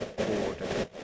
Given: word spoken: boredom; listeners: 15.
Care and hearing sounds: one English word in noise, from a listening test; noise modulated by three-talker babble; -3.4 dB; 1 of 15; 6 of 15; 0.64 s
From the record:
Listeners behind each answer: 6, 5, 1, 1, 1, 1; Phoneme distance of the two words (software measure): 14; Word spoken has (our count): 2 syllables, 5 phonemes, stress on syllable 1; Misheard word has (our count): 2 syllables, 3 phonemes, stress on syllable 1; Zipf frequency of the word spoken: 3.26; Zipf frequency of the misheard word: 5.15

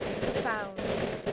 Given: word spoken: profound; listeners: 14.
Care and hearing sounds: one English word in noise, from a listening test; noise modulated by three-talker babble; -4.5 dB; 1 of 14; 11 of 14; 0.93 s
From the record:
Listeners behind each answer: 11, 1, 1, 1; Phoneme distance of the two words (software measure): 21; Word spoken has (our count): 2 syllables, 7 phonemes, stress on syllable 2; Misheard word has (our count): 1 syllable, 4 phonemes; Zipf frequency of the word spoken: 3.90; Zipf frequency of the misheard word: 5.58

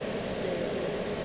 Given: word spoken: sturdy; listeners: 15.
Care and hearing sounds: one English word in noise, from a listening test; speech-shaped noise; -6.9 dB; 0 of 15; 7 of 15; 0.85 s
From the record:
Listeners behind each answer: 7, 3, 1, 1, 1, 1, 1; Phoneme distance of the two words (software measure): 27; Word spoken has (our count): 2 syllables, 5 phonemes, stress on syllable 1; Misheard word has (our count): 2 syllables, 4 phonemes, stress on syllable 1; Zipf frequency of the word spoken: 3.42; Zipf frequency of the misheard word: 4.57

